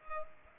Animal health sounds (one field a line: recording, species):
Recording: mosquito wingbeat signal from an infrared sensor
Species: Culex pipiens